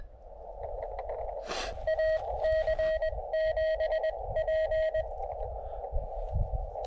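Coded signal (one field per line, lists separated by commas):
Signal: Morse code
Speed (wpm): 20 wpm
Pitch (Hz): 1900 Hz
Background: radio noise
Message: AC7P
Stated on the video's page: Summits on the Air activation of a summit in New Mexico.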